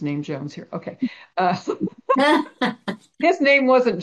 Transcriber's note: laughs